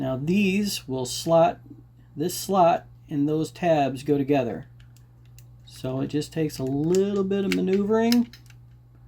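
Someone talks while maneuvering the plastic tabs on the back of a transforming robot toy's legs toward their slots, with a few faint plastic handling ticks around 5.0–5.7 s in a pause between the talk. Nothing has seated or clicked into place yet.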